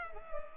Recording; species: mosquito wingbeat signal from an infrared sensor; Culex pipiens